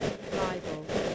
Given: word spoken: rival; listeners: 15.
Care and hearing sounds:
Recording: one English word in noise, from a listening test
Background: noise modulated by three-talker babble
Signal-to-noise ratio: -3.3 dB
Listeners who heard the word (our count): 3 of 15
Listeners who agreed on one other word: 10 of 15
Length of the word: 0.75 s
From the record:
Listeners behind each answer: 10, 3, 1, 1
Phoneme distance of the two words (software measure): 27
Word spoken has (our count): 2 syllables, 5 phonemes, stress on syllable 1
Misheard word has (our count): 2 syllables, 4 phonemes, stress on syllable 1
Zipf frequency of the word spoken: 4.17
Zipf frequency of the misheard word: 4.22

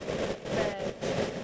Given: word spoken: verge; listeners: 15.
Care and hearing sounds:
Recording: one English word in noise, from a listening test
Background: noise modulated by three-talker babble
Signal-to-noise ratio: -7.3 dB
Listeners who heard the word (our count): 1 of 15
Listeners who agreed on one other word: 10 of 15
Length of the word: 1.04 s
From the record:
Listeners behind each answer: 10, 2, 1, 1, 1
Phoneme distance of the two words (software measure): 20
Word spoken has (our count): 1 syllable, 3 phonemes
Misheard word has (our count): 1 syllable, 3 phonemes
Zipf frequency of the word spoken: 3.65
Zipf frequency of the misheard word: 4.85

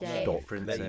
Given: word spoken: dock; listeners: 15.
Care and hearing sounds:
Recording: one English word in noise, from a listening test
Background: four-talker babble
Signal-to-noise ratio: 0.7 dB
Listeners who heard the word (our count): 0 of 15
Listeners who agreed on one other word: 6 of 15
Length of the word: 0.49 s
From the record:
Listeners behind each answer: 6, 5, 2, 1, 1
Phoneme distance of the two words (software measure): 27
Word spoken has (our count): 1 syllable, 3 phonemes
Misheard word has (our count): 1 syllable, 4 phonemes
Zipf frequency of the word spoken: 3.95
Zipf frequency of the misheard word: 5.55

